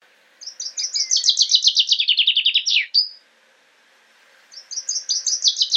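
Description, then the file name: Common chaffinch song: a descending run of bright repeated notes ending in a final flourish, then a second run starts after a short pause. "Fringilla coelebs"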